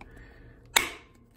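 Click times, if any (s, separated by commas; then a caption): 0.8 s. A main relay circuit board for a Honda car, with its solder joints freshly reflowed, is pushed back into its plastic housing. A sharp, loud snap at 0.8 s is followed by a short fading ring against a quiet background. The board seats in its housing.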